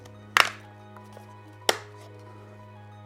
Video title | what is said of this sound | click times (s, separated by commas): How I FIXED my Honda Civic's CLOCK SCREEN! | this clicked in place too, | 1.7 s